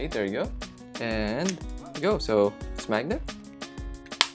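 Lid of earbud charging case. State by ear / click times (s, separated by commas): seated / 4.2 s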